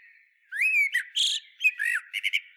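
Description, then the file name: Eurasian blackbird song: a mellow fluted whistle, then a string of squeaky, scratchy high notes and three quick chirps ending the phrase. "Turdus merula"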